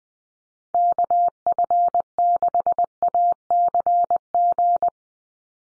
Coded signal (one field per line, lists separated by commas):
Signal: Morse code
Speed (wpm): 20 wpm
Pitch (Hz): 700 Hz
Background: none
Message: KF6ACG